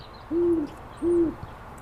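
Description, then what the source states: Great horned owl hooting, two deep, even hoots in quick succession over quiet background hiss. Owl family watched by Boulder naturalists in a local park; the owls perch in a willow.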